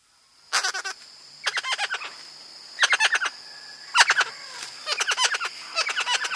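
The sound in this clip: Blue bird-of-paradise calling in quick bursts of four to six harsh, clipped notes, roughly one burst per second, with a thin insect drone behind.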